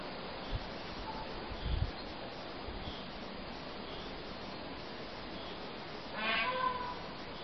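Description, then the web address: Peafowl call, a single brief harmonic wail near the end, after a stretch of steady background hiss with a few low thumps. "grito de pavo real"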